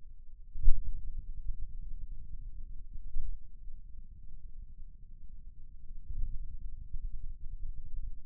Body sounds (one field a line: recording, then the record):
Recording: forearm muscle sounds (acoustic myography)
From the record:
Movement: finger pinch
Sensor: system 2, bracelet of six BSWA MPA416 microphones around the upper forearm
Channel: 2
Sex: male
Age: 22 years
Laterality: right